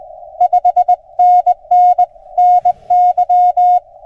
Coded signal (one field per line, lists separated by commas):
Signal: Morse code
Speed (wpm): 20 wpm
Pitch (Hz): 690 Hz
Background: none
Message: 5NN NY